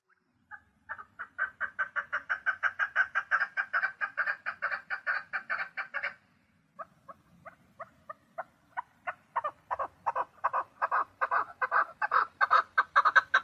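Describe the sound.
Partridge producing a rapid series of coarse clucking notes, stopping briefly, then building again into another run.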